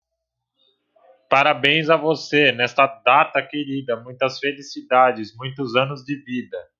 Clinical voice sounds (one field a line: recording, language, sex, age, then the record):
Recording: short text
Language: Brazilian Portuguese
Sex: male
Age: 20 to 29 years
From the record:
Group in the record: control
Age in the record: 20 years